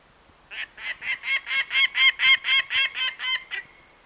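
Peregrine falcon giving a short burst of about a dozen harsh, evenly spaced kak notes, lasting roughly three seconds after a brief silence.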